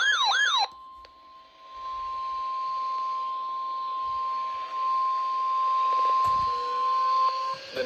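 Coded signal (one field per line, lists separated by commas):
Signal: Emergency Alert System (SAME) tones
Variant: 1050 Hz attention tone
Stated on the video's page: Alerts received on NOAA Weather Radio stations.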